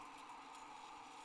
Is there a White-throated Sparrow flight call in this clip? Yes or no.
no